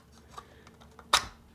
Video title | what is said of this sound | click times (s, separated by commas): The 4-in-1 High Speed Module Hub for Content Creators! PAN'S Media Card Reader Hub Review! | and then they will pop out | 1.1 s